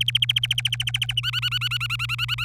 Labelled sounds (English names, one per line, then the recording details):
Domestic Canary song
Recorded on 26 April 2018 at 16:47
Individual llb3